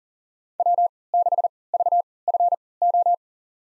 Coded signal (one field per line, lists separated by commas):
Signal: Morse code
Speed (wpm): 40 wpm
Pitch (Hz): 700 Hz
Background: none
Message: W6VFO